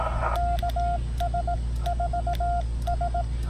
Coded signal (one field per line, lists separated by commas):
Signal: Morse code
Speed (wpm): 18 wpm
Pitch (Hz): 690 Hz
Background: none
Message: KS4S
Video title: POTA CW and SSB 8/29/24